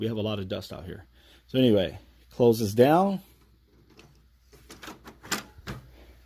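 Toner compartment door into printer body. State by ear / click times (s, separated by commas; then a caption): seated / 4.7 s. Someone talks while closing the toner compartment door of a Pro 8432WT printer, which holds four toner cartridges, into the printer body. After some soft handling noises, a small click at 4.7 s marks the door latching shut.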